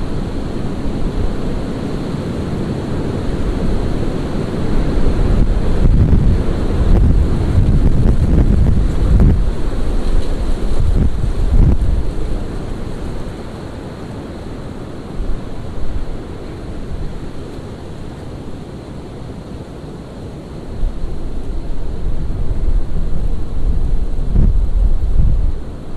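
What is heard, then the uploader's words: Wind roars and buffets in a dense, low rush, with stronger gusts around 5–12 seconds, a lull near 20, then rising again. Windstorm. Recorded by Dan Bodah at Penn Haus, Dingmans Ferry PA.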